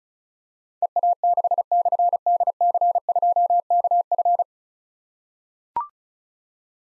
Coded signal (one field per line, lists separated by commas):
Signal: Morse code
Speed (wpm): 36 wpm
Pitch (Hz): 700 Hz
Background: none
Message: EA6/DC2KF